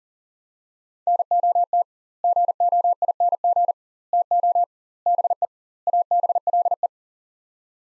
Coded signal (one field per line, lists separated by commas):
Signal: Morse code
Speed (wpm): 40 wpm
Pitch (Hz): 700 Hz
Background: none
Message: NOT GOING TO BE ABLE